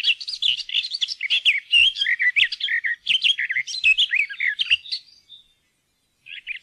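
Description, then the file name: Garden warbler pouring out a fast, sustained warble of mellow, jumbled notes for five seconds, then a short fragment after a pause. "hagesanger"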